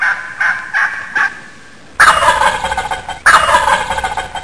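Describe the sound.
Turkey gobble: four short clucks followed by two loud, rattling gobbles that tumble downward in pitch.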